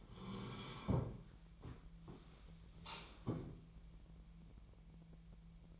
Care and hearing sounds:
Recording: daily activity, microphone in the room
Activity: sit down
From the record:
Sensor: 1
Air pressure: 1002.0 hPa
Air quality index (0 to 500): 243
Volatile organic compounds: 107 ppm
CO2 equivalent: 3800 ppm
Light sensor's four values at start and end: 10/24/10/11 and 10/24/10/11

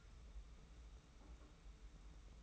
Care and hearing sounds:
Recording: daily activity, microphone in the room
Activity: take from stove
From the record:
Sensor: 1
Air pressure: 991.0 hPa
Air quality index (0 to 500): 91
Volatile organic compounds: 32 ppm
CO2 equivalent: 2999 ppm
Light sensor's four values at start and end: 36/117/46/47 and 36/117/46/47

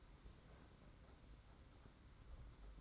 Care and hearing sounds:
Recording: daily activity, microphone in the room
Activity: open fridge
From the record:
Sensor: 3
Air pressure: 991.9 hPa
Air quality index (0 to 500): 216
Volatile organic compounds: 1000 ppm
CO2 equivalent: 7370 ppm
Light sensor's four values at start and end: 32/96/39/33 and 32/96/39/33

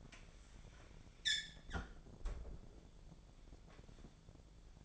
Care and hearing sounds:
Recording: daily activity, microphone in the room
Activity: close fridge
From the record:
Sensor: 5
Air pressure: 1000.2 hPa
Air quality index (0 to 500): 104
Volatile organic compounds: 1 ppm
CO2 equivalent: 840 ppm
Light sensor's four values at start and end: 240/569/243/267 and 233/551/236/258

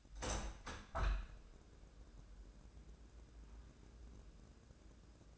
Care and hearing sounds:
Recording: daily activity, microphone in the room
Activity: open window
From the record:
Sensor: 2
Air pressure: 1012.1 hPa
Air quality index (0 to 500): 128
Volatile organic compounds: 1 ppm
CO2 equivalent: 952 ppm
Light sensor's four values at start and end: 180/435/183/192 and 180/433/182/192

